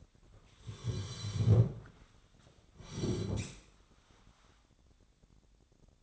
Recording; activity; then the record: daily activity, microphone in the room; sit down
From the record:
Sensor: 3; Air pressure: 1009.3 hPa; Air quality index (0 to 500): 183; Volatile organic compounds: 3 ppm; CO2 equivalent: 1480 ppm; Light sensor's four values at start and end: 40/94/43/48 and 47/120/53/54